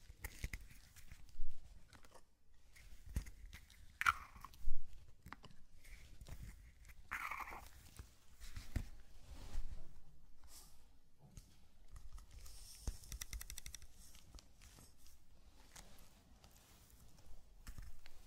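Zen garden sounds of sand being brushed and crinkled, with soft scratchy textures running throughout. Sharp taps stand out near 1.5, 4 and 4.7 seconds, with a brighter hollow tap around 7 seconds, followed by quieter irregular crinkling and light rustles.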